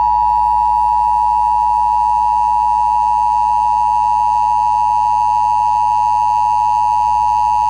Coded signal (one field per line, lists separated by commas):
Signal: Emergency Alert System (SAME) tones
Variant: 853 and 960 Hz attention tone